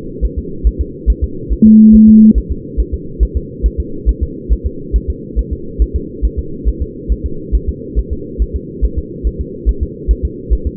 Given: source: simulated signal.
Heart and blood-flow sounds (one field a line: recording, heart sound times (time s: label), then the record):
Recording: fetal heart sounds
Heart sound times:
0.25 s: S1
0.39 s: S2
0.67 s: S1
0.81 s: S2
1.10 s: S1
1.24 s: S2
1.53 s: S1
1.67 s: S2
1.95 s: S1
2.09 s: S2
2.38 s: S1
2.52 s: S2
2.80 s: S1
2.94 s: S2
3.23 s: S1
3.37 s: S2
3.66 s: S1
3.80 s: S2
4.09 s: S1
4.23 s: S2
4.53 s: S1
4.67 s: S2
4.96 s: S1
5.10 s: S2
5.39 s: S1
5.53 s: S2
5.82 s: S1
5.96 s: S2
6.25 s: S1
6.39 s: S2
6.68 s: S1
6.82 s: S2
7.12 s: S1
7.26 s: S2
7.55 s: S1
7.69 s: S2
7.99 s: S1
8.13 s: S2
8.42 s: S1
8.56 s: S2
8.85 s: S1
8.98 s: S2
9.27 s: S1
9.41 s: S2
9.69 s: S1
9.83 s: S2
10.11 s: S1
10.25 s: S2
10.53 s: S1
10.67 s: S2
From the record:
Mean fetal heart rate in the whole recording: 140 bpm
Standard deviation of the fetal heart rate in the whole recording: 2 bpm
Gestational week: 34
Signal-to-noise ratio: -4.3 dB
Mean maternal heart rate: 72 bpm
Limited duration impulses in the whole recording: present